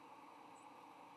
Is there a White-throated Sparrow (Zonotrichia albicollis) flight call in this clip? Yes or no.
no